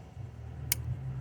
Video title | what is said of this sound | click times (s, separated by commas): Valve cover gasket change Chevy HHR 2009-2011 | Alright, so they're locked in place. | 0.7 s